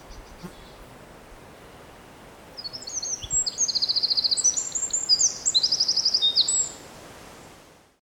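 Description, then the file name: Eurasian wren song, a rapid high burst of trills and sharp notes after a few quiet seconds, ending abruptly; steady background noise throughout. "Troglodytes troglodytes"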